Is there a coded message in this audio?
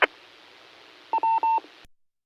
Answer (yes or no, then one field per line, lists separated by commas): no